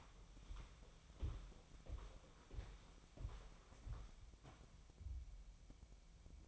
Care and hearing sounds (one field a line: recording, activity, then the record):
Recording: daily activity, microphone in the room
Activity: walk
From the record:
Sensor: 1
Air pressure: 1015.4 hPa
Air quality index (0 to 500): 124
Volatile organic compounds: 5 ppm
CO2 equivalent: 1704 ppm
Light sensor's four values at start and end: 14/34/14/16 and 14/35/15/16